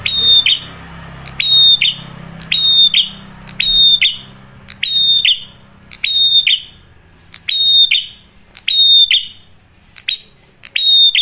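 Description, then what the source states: Bar-winged prinia repeating bright phrases, a clicked onset and high pure whistle ending in a quick drop, about one per second, over quiet low-pitched background noise. Loud, clear singing used as a lure to make other birds sing.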